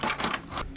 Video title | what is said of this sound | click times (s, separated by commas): DJI MAVIC PRO - 2017 BEST AFFORDABLE ACCESSORIES | This just snaps on both side to side. | 0.3 s, 0.8 s